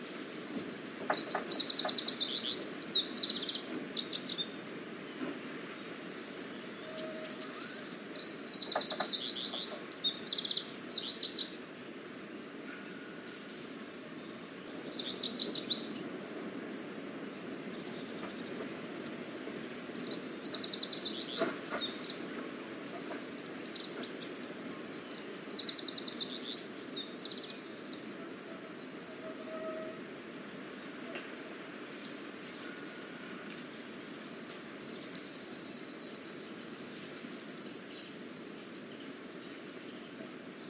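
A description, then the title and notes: Spring birdsong: bright, busy chirps and trills come in repeated bursts over a steady low hum, loudest in the first fifteen seconds. SPRINGTIME IN PORTUGAL. The sounds of Spring.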